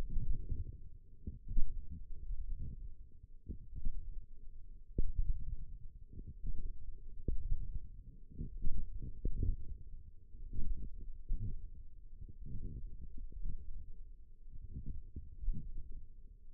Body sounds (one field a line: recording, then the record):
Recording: forearm muscle sounds (acoustic myography)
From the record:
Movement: wrist flexion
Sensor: system 1, eight BSWA MPA416 microphones around the upper forearm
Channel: 3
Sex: female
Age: 21 years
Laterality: right